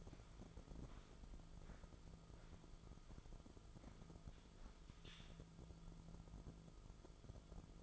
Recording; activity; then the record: daily activity, microphone in the room; walk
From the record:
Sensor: 5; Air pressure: 1005.5 hPa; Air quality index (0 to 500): 98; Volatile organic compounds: 2 ppm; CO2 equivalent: 1194 ppm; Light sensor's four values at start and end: 34/77/31/29 and 34/77/31/29